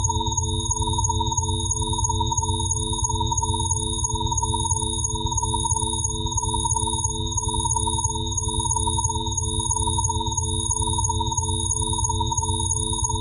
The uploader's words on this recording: Binaural & pluraural beats made with recorded directly from the output of DIN is Noise at sandokan bay in berlin.eu.